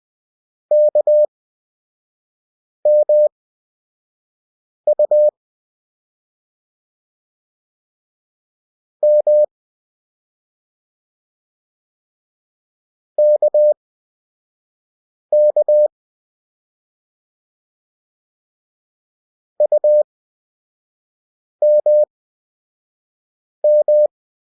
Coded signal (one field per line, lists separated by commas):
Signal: Morse code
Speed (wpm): 20 wpm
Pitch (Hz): 600 Hz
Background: none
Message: KMU M KK UMM